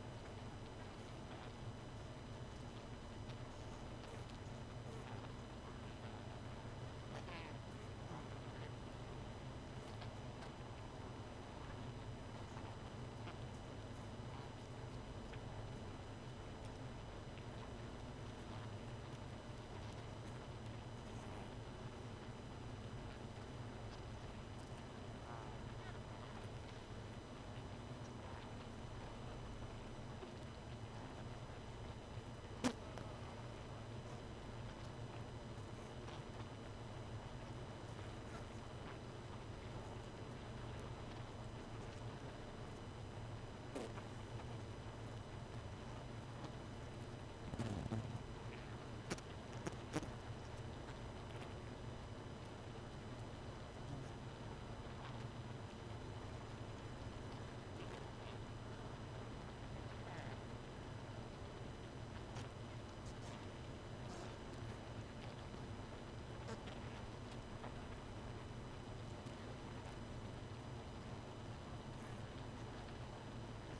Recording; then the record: honeybee colony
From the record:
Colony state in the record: missing queen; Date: 31 May 2018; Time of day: 1:51